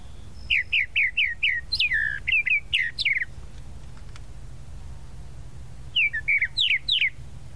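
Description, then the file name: Tropical mockingbird song opening with a few quickly repeated whistled notes, then varied slurred phrases; a short burst of further notes follows after a pause. "Canto-do-Sabiá-da-Praia"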